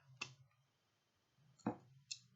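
During reassembly of a Colt Official Police double-action revolver, the steel mainspring is worked back into its seat in the frame, producing short sharp metallic clicks around 0.2 s and 1.7 s over a low background hum. A final crisp click at 2.1 s marks the mainspring snapping back into place, confirmed seated.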